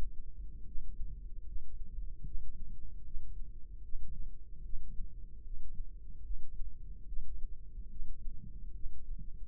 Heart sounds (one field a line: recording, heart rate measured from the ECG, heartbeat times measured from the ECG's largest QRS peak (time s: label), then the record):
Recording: heart sounds by microphone in the left ear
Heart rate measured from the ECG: 74 bpm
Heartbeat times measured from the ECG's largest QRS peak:
0.67 s: heartbeat
1.47 s: heartbeat
2.26 s: heartbeat
3.05 s: heartbeat
3.84 s: heartbeat
4.64 s: heartbeat
5.45 s: heartbeat
6.25 s: heartbeat
7.08 s: heartbeat
7.91 s: heartbeat
8.75 s: heartbeat
From the record:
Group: healthy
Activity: cold pressor test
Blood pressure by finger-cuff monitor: 106/73 mmHg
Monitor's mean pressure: 83 mmHg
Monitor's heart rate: 74 bpm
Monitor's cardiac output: 3.5 L/min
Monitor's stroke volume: 47 mL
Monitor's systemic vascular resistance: 1720 dyn s/cm5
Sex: male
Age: 55 years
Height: 167 cm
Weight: 57.2 kg